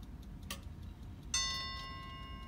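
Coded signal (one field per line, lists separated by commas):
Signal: ship's bell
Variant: ship's bell clock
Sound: soft clock ticking, then a single clear bell strike ringing out and fading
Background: clock ticking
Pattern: 1 strike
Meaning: One bell marks the first half hour of a watch, such as 8:30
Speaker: it starts off at one Bell at 8:30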